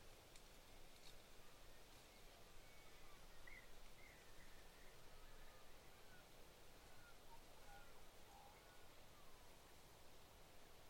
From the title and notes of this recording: (Autumn) Quiet Morning In The Mallee Woodland. A subtle, cool morning in a small pocket of Mallee woodland surrounded by saltbush desert near Lake Mungo. Wind flows through the Eucalyptus leaves and wood, Ravens, Magpies and Pied Butcherbirds sparsely sing in the background. Mungo National Park, NSW, Australia.